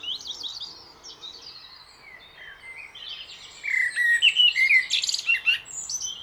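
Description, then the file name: Common blackbird song: soft high twittering first, then a louder phrase of low fluted whistles sliding into squeaky high notes around the fourth and fifth seconds. "Turdus merula"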